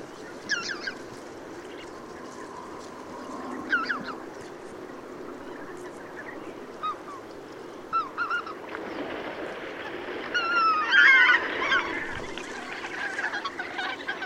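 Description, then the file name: Goose: geese giving scattered honks throughout, with a louder cluster of calls toward the end over steady background noise. Recorded 5 September 2016. "Ansery Valdak 050916"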